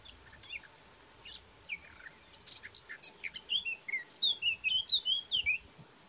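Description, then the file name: Eurasian blackcap singing, soft twittering and scratchy notes at first, then a crescendo of rich, clear whistles in quick succession toward the end, over a low hiss. "Sylvia atricapilla"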